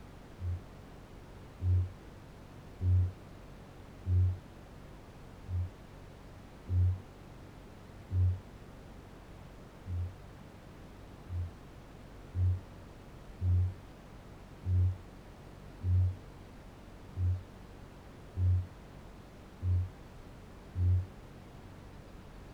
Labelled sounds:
Kākāpō boom
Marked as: faintness 2/5, faintness 3/5
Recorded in New Zealand
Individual Barnard

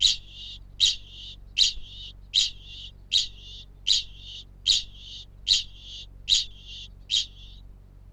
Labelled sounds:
Kākāpō ching call
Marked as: faintness 1/5
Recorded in New Zealand
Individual Felix

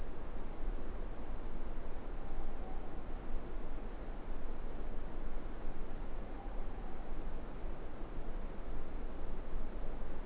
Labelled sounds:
Morepork more-pork call
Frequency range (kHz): Morepork 0.6-1.0 kHz
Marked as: faintness 5/5
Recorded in New Zealand
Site Eglinton

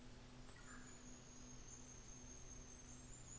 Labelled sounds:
New Zealand Fantail
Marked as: faintness 1/5
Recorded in New Zealand on 24 December 2018
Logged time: 13:05

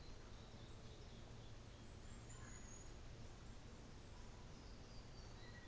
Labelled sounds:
New Zealand Fantail
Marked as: faintness 3/5
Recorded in New Zealand on 24 December 2018
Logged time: 14:10

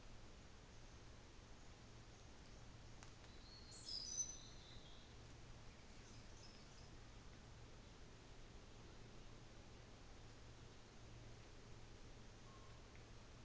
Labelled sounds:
New Zealand Fantail
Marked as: faintness 4/5
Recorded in New Zealand on 24 December 2018
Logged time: 13:40

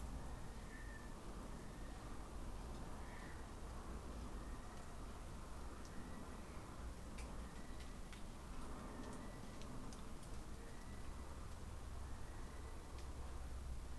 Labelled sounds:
North Island Brown Kiwi male call
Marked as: faintness 4/5
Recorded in New Zealand on 20 November 2013
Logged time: 21:14
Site CG22

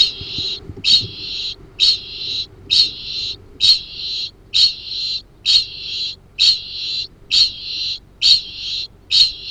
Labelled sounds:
Kākāpō ching call
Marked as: faintness 1/5
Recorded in New Zealand
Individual Arab

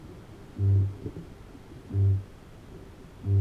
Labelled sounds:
Kākāpō boom
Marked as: faintness 2/5
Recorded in New Zealand
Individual Arab

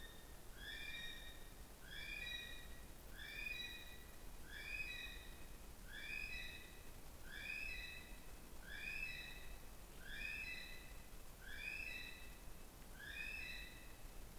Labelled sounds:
North Island Brown Kiwi male call
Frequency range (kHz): North Island Brown Kiwi 1.0-8.7 kHz
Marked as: faintness 1/5
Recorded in New Zealand on 15 November 2013
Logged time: 00:43
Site BV22

